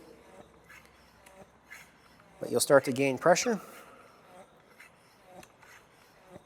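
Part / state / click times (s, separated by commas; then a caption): tubeless tire bead seating on a bicycle wheel rim / not seated / none. A tubeless bicycle tire is being inflated on its wheel rim, with faint taps and light handling noises around a short stretch of speech in the middle. Someone talks about starting to gain pressure. Nothing has seated or clicked yet, and the tire bead has not popped into the rim's hook area by the end of the clip.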